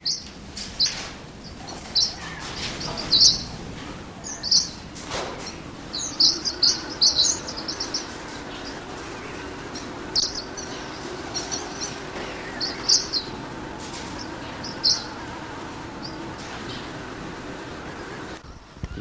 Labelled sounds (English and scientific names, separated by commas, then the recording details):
Green-winged Pytilia (Pytilia melba)
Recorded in captivity
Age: adult
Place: Zoo Berlin, Berlin, DE
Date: 1991-10-30
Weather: sonnig, 0°C
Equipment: Nagra SN, Kopie Tesla B 116
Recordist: Tembrock, Günter
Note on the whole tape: Kurzlaute z.T. zweisilbig